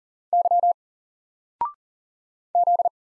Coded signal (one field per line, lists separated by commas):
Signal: Morse code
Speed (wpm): 40 wpm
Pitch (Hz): 700 Hz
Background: none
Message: Y Z